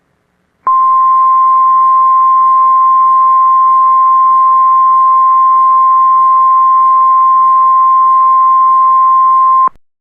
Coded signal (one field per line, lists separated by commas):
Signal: Emergency Alert System (SAME) tones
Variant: 1050 Hz attention tone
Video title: EAS Mock: Flash Flood Warning for Lumberton, NC (Not Real, it's fake) (1/17/2018)